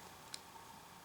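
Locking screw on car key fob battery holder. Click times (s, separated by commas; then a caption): 0.3 s. On a 2016 Fiat 500e key fob, the small locking screw on the battery holder, which holds a CR2032 battery, is turned back to the lock position to retain the holder. A single small, sharp tick is heard at 0.3 s against a quiet background. The holder is locked back in place.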